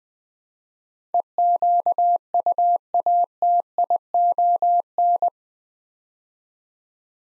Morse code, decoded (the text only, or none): EQUATION